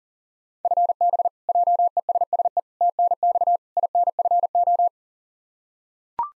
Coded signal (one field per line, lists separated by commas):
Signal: Morse code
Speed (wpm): 37 wpm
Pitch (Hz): 700 Hz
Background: none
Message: FB JESSE TNX INFO